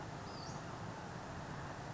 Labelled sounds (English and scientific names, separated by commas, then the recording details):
Western Flycatcher (Empidonax difficilis)
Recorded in Sonoma County, California